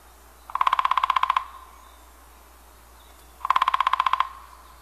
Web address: Songs of Birds of North America Stokes. Downy Woodpecker